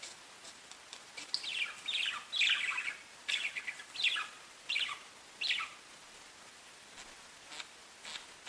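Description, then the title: Budgerigar calls in a run of short downward-sweeping chirps and warbles, clustered in the first two-thirds, then fainter scattered ticks. "Budgie Sounds"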